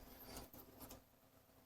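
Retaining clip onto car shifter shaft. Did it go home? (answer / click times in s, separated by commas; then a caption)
yes / 0.5 s, 0.9 s. A new metal retaining clip is folded over onto the shifter shaft of an E46 M3, making a raspy rubbing scrape. It snaps into place with sharp clicks at 0.5 and 0.9 seconds, and the clip is seated.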